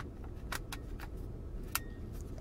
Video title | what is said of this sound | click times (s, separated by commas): Canon M50 unboxing | Okay, it locks in place nicely. | 1.8 s